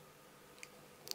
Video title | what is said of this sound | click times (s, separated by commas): Sachs Motorblock Zylinderkit Montage⚙️ (503 Motor Teil 6) | Es hat Klick gemacht. | 1.1 s